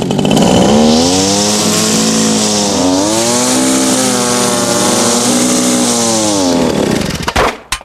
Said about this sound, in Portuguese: Ô, Flanders, você abasteceu seu soprador de folhas?